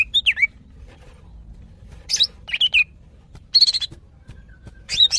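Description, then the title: Greater green leafbird giving short clusters of squeaky, twisting chirps and whistles, broken by brief silences. Female calling to a male; described as very vocal. "CUCAK IJO BETINA GACOR HIPER MEMANGGIL JANTAN"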